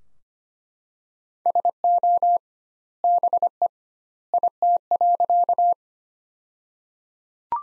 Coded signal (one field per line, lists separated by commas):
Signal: Morse code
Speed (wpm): 25 wpm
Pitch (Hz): 700 Hz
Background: none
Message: SO BE IT.